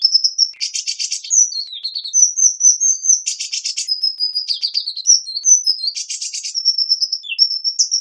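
Hummingbird singing with thin high whistles and squeaks, interrupted several times by loud rasping buzzes.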